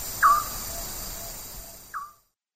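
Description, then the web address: Band-tailed nighthawk giving two brief downward-slurred notes, against a high hissing background. Eastern lowlands of South America. "Natures Songs S America Eastern Lowlands. Band-tailed Nighthawk"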